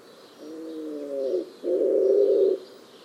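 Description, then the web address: Bird cooing in a low register, one steady harmonic coo followed after a short pause by a stronger, rougher coo, with a quiet background. "cianscape. Deverinetal. Bird Only"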